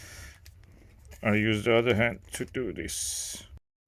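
A plastic floor head for a cordless vacuum is handled at the wand's plug connector while someone talks, with a few faint taps early on. Nothing has seated or clicked yet.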